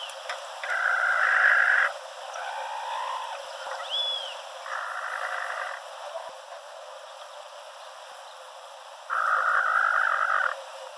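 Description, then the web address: Mangrove rail giving dense, rattling bursts, three main runs separated by quieter gaps, with a brief thin whistle in between. "Mangrove rail. یلوه-حرا"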